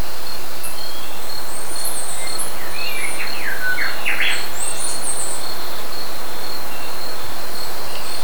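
Bird calling with a few quick chirped notes grouped in the middle, set against an unbroken high-pitched insect buzz and background noise.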